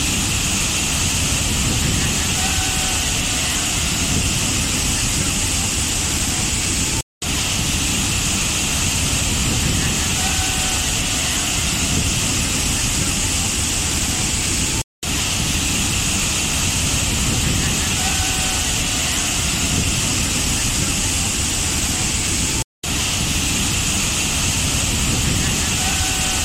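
Rushing water roars steadily and densely, full from low rumble to bright hiss, cut by three brief silent gaps roughly every eight seconds.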